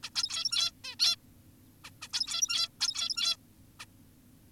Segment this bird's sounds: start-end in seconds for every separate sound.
0.03-0.10, 0.15-0.72, 0.84-0.96, 1.00-1.16, 1.84-1.91, 2.02-2.08, 2.13-2.69, 2.81-3.37, 3.80-3.85